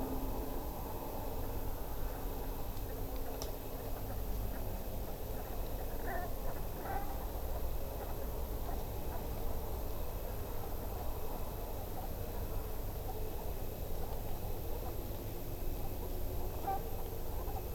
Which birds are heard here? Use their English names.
Brent Goose